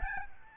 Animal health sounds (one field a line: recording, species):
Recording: mosquito wingbeat signal from an infrared sensor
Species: Aedes albopictus